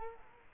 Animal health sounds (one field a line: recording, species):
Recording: mosquito wingbeat signal from an infrared sensor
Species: Culex quinquefasciatus